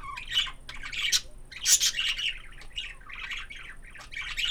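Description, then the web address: Budgerigar chirping, a busy stream of warbled chatter and scratchy squawks mixed with sharp high chips, rising and falling without pause. Budgerigar chirping in a farmyard. "allathangok parasztudvar hullamospapagaj papagaj csiviteles"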